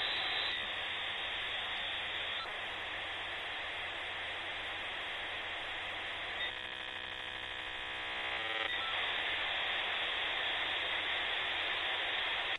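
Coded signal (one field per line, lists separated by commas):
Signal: dial-up modem handshake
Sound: steady harsh modem hiss with a brief chord of many tones midway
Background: low hum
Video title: ASMR for Computer Geeks (Dial Up Sounds)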